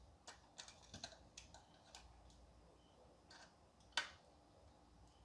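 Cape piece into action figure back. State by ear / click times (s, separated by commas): not seated / none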